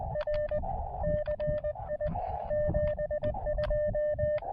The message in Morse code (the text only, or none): R CI 72